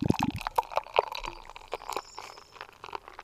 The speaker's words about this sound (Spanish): me senté, a ver, échame un poco de cerveza.